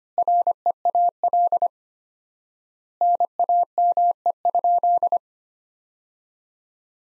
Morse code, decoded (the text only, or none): REAL NAME?